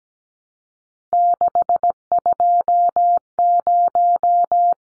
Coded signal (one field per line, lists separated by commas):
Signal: Morse code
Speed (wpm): 17 wpm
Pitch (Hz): 700 Hz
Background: none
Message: 620